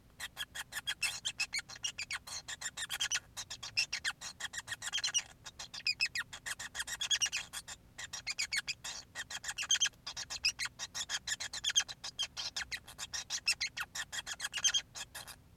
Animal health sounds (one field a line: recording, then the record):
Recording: song of a male Bengalese finch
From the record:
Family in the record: son of father 5